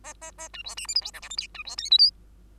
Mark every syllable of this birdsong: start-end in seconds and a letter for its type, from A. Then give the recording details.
0.04-0.14 A, 0.21-0.31 A, 0.38-0.48 A, 0.53-0.62 B, 0.64-0.75 C, 0.77-0.87 D, 0.88-0.94 E, 0.95-1.01 F, 1.01-1.11 G, 1.13-1.21 H, 1.22-1.29 I, 1.30-1.36 J, 1.37-1.48 K, 1.54-1.63 B, 1.65-1.76 C, 1.77-1.90 L, 1.91-1.98 M, 1.98-2.10 N. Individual Bird2